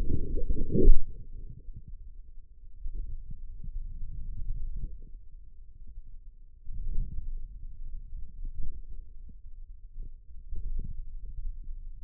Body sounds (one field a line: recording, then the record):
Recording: forearm muscle sounds (acoustic myography)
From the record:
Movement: finger pinch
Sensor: system 2, bracelet of six BSWA MPA416 microphones around the upper forearm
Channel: 4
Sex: male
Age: 22 years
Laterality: right